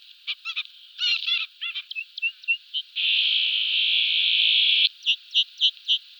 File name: trumpeter finch